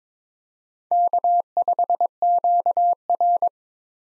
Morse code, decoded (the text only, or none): K5QR